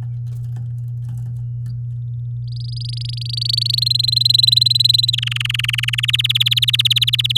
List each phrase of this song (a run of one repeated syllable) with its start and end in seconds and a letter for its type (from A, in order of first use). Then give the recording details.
2.48-3.80 A, 3.81-5.10 B, 5.13-6.05 C, 6.08-7.38 D. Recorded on 9 May 2018 at 07:03. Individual llb16